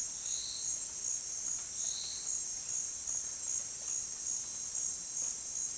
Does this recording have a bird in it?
no